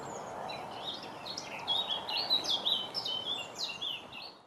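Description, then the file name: Blackcap warbling, a rapid jumble of high fluty and chattering phrases that swells in the middle and fades at the end, with low rumbling background noise. "طائر القبعة السوداء"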